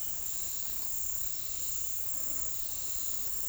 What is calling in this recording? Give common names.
none